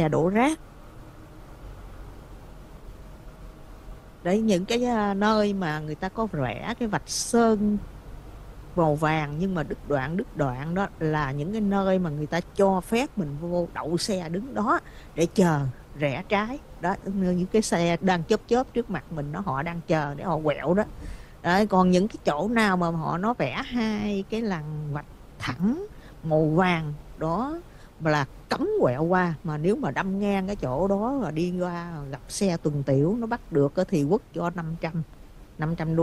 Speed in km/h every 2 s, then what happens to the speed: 45, 47, 48, 48, 52, 53, 55, 53, 55, 55, 55, 55, 55, 53, 47, 44, 42, 40.
0-11 speeds up to 55. 11-25 steady at about 55. 25-36 slows to 40.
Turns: none.